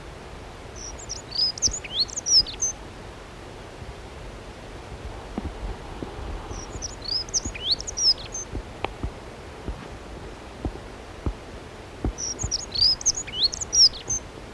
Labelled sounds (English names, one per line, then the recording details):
Dunnock song
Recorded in the wild
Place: Sackpfeife, DE
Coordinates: 50.9428, 8.53361
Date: 1964-04-16
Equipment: Uher Report 4000, AKG D190
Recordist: Krey, Winfried